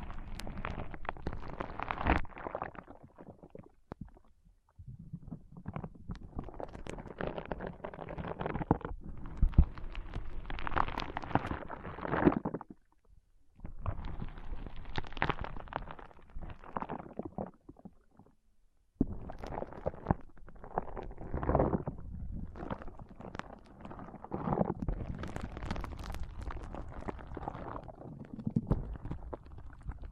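Foam being squeezed and rubbed in a dense, crackly rush of soft crinkling and low thumping squelches. The rubbing comes in bursts of several seconds, separated by brief silences near 4, 13 and 19 seconds, with bright scratchy flecks riding over a rumbling low end.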